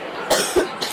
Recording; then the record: coughing mixed with background sound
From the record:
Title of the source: 30 Chesty and wet cough